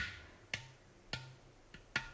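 An udu, a large clay jug drum with a big hole, is struck four times at an uneven pace. Each crisp slap leaves a brief low, hollow hum, and the playing is fairly soft with no voices.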